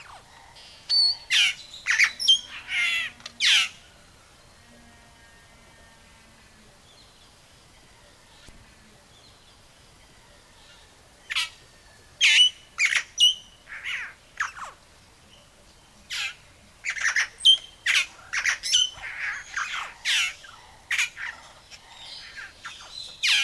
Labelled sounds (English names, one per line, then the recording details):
Splendid Starling song
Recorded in captivity
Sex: male
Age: adult
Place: Zoo Köln, Nordrhein-Westfalen, DE
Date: 2000-10-01 18:00
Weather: overcast, intermittent rain, 15°C
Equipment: Nagra SN, Kopie Uher 4000 Report Monitor
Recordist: Tembrock, Günter